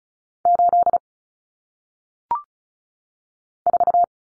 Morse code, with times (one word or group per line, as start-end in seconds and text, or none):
0.5-1.0 8
3.7-4.0 4